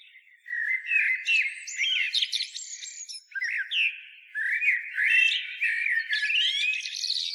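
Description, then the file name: Common blackbird producing a steady stream of squeaky, warbling and chattering notes, varied phrases following one another with only brief pauses. "Turdus merula"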